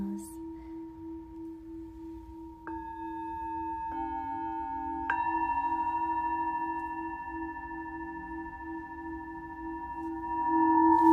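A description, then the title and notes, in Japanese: A singing bowl hums with a steady, wavering tone, its pulsing beats rising and falling throughout. Fresh strikes near 3, 4 and 5 seconds add brighter ringing layers over the drone. Toward the end the sound swells louder. 朝のちょこっとLive シンギングボウル。シンギングボウルの波動。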